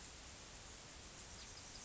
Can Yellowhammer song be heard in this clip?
no